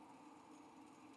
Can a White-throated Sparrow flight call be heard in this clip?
no